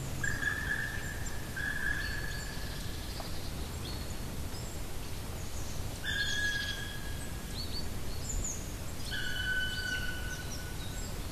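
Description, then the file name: Black woodpecker repeating long, even-pitched calls four times across the stretch, with faint chirps in the background. "patrick franke-schwarzspecht-black woodpecker-dryocopus martius"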